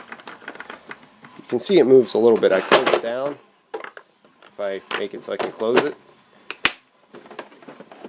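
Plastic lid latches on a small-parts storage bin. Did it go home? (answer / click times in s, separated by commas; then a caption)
yes / 6.5 s, 6.6 s. Someone talks about a part that was trimmed down so the lid of a plastic small-parts storage bin can close, then closes the lid. Two sharp snaps are heard at 6.5 s and 6.6 s as the plastic lid latches shut, and the lid is seated and secured.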